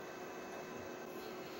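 A video input connector with delicate pins is pushed gently, without force, into a Blonder Tongue AMCM-860D frequency agile micro channel modulator (MiniMod) module. Only a steady broadband hum with a faint tone near 370 Hz is heard, with no distinct transients. Nothing has seated or clicked yet.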